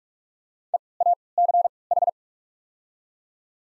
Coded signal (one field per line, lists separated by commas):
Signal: Morse code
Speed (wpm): 43 wpm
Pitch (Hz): 700 Hz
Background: none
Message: E A C H